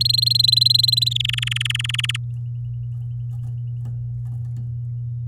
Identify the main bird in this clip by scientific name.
Serinus canaria